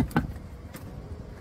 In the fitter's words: yeah you hear a click and then you just put